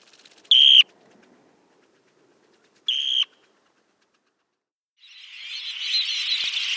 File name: Dunlin